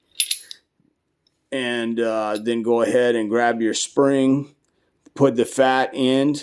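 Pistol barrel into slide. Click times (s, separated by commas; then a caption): 0.2 s. During reassembly of a Smith & Wesson M&P Shield 9 mm, the barrel is started in the upside-down slide, with the muzzle opening pointing down toward the tabletop, then pushed down and back until it locks into battery. A sharp metallic click sounds at 0.2 s as the barrel seats, followed by a few small rattles. From about 1.5 s, someone talks.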